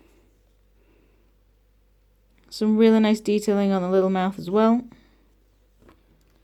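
Someone talks while handling the plastic inner mouth of a NECA Alien Xenomorph action figure, which goes into its plastic head where the jaw clicks into place. Faint soft ticks follow the speech near the end, but nothing has seated or clicked yet.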